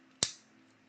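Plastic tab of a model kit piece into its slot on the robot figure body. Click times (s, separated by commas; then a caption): 0.2 s. A plastic tab on a Yolopark Transformers AMK Pro Series Optimus Prime (The Last Knight) model kit part is lined up with its slot on the robot figure's body and pushed in. A single sharp click sounds at 0.2 s, and a short decay follows against a low, steady background hum. The tab seats in place. There is no talking in the clip.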